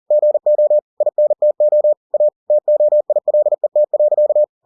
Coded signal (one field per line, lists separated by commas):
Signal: Morse code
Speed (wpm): 40 wpm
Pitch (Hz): 600 Hz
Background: none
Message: GO INTO A TOILET.